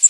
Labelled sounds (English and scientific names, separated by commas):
Blackpoll Warbler (Setophaga striata) flight call